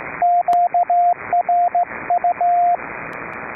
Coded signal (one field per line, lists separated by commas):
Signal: Morse code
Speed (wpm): 16 wpm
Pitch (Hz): 690 Hz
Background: radio noise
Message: QRU